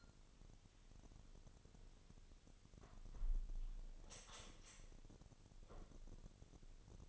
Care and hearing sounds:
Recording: daily activity, microphone in the room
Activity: close window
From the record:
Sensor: 4

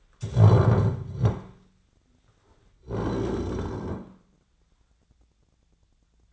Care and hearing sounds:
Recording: daily activity, microphone in the room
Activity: stand up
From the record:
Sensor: 3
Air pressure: 1009.2 hPa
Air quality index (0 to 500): 182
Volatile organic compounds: 3 ppm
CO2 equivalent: 1472 ppm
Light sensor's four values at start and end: 51/130/57/58 and 41/107/47/49

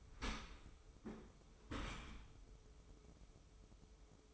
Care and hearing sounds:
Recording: daily activity, microphone in the room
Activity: open dishwasher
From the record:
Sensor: 1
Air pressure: 995.8 hPa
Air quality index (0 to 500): 59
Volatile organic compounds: 2 ppm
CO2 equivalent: 1158 ppm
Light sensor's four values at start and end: 32/111/43/45 and 32/110/43/45

